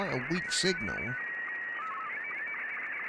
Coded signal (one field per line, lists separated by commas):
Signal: SSTV (slow-scan television)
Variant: Martin 2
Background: speech